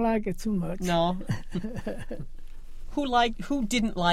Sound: laughs

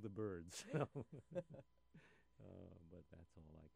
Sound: still laughing

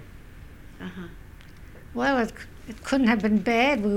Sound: none

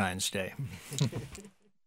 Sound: chuckles

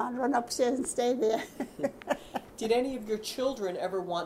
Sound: laughs

